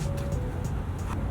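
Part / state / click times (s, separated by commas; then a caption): bulb socket into the lamp housing / not seated / none. A power cable socket holding an LED bulb is handled at the light housing of a 2009–2018 fourth-generation Ram 1500, about to be seated flush and twisted clockwise to lock into place. A steady low hum runs throughout with a faint mid tone and a few soft bursts of hiss, and no distinct click stands out. Nothing has seated or locked yet when the clip ends.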